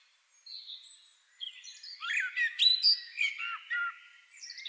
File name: Turdus merula